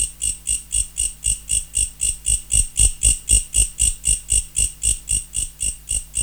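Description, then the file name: Mecopoda katydid calling in fast, regular high pulses, about four per second, slightly louder in the middle, with a low droning hum. Recorded in November. "Mecopoda sp Nov"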